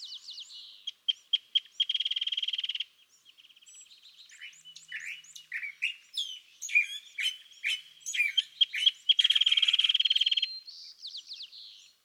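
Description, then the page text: California thrasher song of varied phrases: rapid rattling trills, slurred whistles and harsh chattering notes in an irregular stream. Dawn song on March 9, 2017, at Montaña de Oro State Park, Los Osos, California; the thrasher repeats a chosen theme of notes that morning. "Song, excerpted from a longer dawn session on day 1. listen for the repeated theme of notes that the thrasher has chosen to use this morning. March 9, 2017. Montaña de Oro State Park, Los Osos, California"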